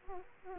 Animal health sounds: mosquito wingbeat signal from an infrared sensor; Aedes aegypti

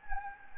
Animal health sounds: mosquito wingbeat signal from an infrared sensor; Anopheles gambiae

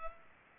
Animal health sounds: mosquito wingbeat signal from an infrared sensor; Culex pipiens

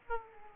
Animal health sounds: mosquito wingbeat signal from an infrared sensor; Aedes aegypti

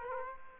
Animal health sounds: mosquito wingbeat signal from an infrared sensor; Aedes aegypti

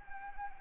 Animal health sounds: mosquito wingbeat signal from an infrared sensor; Anopheles arabiensis

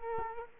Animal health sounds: mosquito wingbeat signal from an infrared sensor; Culex quinquefasciatus

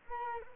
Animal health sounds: mosquito wingbeat signal from an infrared sensor; Culex quinquefasciatus

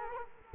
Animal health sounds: mosquito wingbeat signal from an infrared sensor; Culex quinquefasciatus

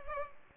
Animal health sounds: mosquito wingbeat signal from an infrared sensor; Culex pipiens

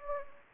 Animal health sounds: mosquito wingbeat signal from an infrared sensor; Anopheles gambiae

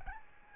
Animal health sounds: mosquito wingbeat signal from an infrared sensor; Aedes albopictus

